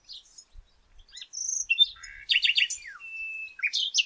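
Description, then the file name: Common nightingale delivering a varied phrase: thin whistles and clicks build into quick chattering notes, then a level whistled tone and sharp, high chirps. "Luscinia megarhynchos"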